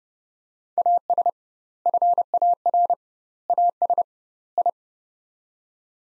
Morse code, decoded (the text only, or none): AS FAR AS I